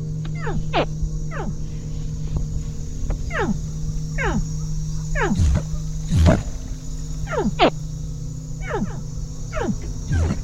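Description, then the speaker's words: Young caiman calls: a series of short, sharp, downward-sweeping chirps over a steady low hum. Young caimans; contact calls let the mother locate them and carry them back in her mouth or on her head; distress calls when attacked by a predator bring her quickly; the two differ only subtly. "La différence est assez subtile entre un cri de contact et un cri de détresse."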